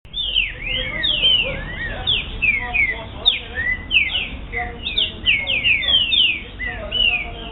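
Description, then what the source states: Green-winged saltator song: dense, continuous run of bright, falling whistled slurs, several overlapping, with softer lower notes beneath. Brazilian bird.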